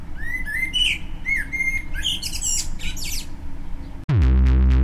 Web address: user lukas Kro track solsort